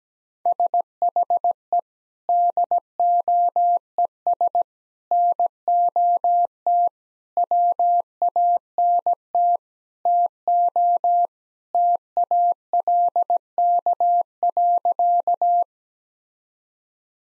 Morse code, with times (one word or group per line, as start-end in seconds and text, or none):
0.5-1.8 SHE
2.3-4.6 DOES
5.1-6.9 NOT
7.4-9.6 WANT
10.1-11.3 TO
11.7-15.6 TALK.